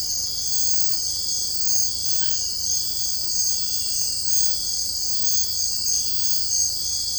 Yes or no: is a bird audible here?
no